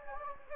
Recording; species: mosquito wingbeat signal from an infrared sensor; Anopheles gambiae